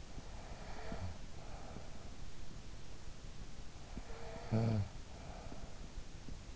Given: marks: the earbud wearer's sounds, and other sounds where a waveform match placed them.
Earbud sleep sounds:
sounds in sleep by an in-ear microphone; breath, snoring breath
0.00-2.63 s: breath
3.56-6.19 s: snoring breath

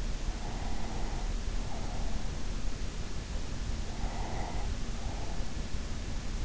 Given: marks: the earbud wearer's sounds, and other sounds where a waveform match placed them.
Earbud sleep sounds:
sounds in sleep by an in-ear microphone; breath
0.00-2.62 s: breath
3.42-5.94 s: breath

